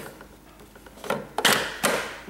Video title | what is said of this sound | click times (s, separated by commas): Epson WorkForce Pro WF-4630 All-in-One Printer Review | So what you do, don't puncture the hole yourself, just slide it on in until it clicks. | 1.5 s